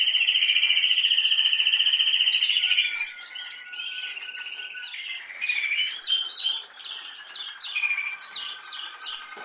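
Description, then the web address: Canary song: a loud, even roll for nearly three seconds, then a softer buzz and a string of varied chirps and short trills. "Golchin Best Canari Seda Canari. Niyaz Music)"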